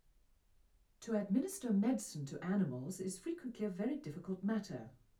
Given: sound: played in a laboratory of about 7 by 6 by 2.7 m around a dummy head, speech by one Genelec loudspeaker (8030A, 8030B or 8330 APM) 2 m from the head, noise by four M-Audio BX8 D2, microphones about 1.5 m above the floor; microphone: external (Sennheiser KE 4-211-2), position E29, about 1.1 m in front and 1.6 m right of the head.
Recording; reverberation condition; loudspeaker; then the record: female speech in English; low; behind (180 degrees)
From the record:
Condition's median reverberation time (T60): about 310 ms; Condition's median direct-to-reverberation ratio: about 3.5 dB